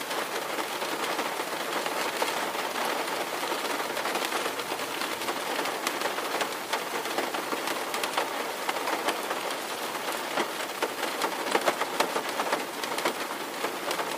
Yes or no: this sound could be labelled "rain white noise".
yes